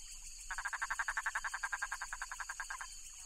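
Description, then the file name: Toad giving a single pulsed, rattling trill lasting a little over two seconds, over a constant high-pitched insect drone. "philippine toad"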